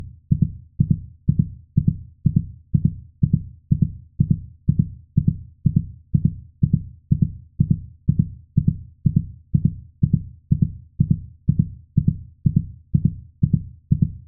Medical Heart Beat.